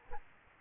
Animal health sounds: mosquito wingbeat signal from an infrared sensor; Aedes aegypti

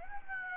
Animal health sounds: mosquito wingbeat signal from an infrared sensor; Aedes aegypti

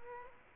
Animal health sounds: mosquito wingbeat signal from an infrared sensor; Culex quinquefasciatus

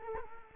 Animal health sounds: mosquito wingbeat signal from an infrared sensor; Culex quinquefasciatus

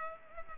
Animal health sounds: mosquito wingbeat signal from an infrared sensor; Culex pipiens

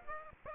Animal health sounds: mosquito wingbeat signal from an infrared sensor; Aedes aegypti

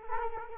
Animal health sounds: mosquito wingbeat signal from an infrared sensor; Culex quinquefasciatus

